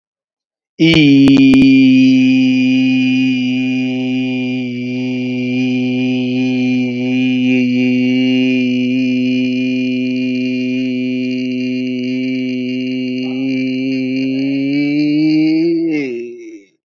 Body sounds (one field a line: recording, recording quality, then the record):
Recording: sustained vowel as in beet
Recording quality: excellent, no background noise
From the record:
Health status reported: COVID-19 positive, mild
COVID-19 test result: positive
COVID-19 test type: RT-PCR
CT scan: not taken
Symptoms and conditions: cold, sore throat, fever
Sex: male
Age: 24 years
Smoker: no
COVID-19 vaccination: both doses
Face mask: not worn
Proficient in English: no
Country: India